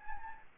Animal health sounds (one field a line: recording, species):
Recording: mosquito wingbeat signal from an infrared sensor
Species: Anopheles gambiae